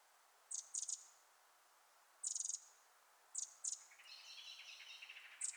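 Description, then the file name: Eurasian wren giving short, high, dry ticking rattles in bursts, followed by a lower, longer warbling twitter near the end, then one more rattle at the very end. "Troglodytes troglodytes"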